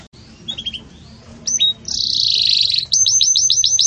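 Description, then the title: Belgian canary song: scattered chirps, then a sustained buzzy roll, followed by repeated downslurred notes. Belgian canary singing in the 'campainha' (bell) style, offered as a song model for tutoring young chicks. "Belíssimo Canto Do Canário Belga Campainha Para Encarte De Filhotes"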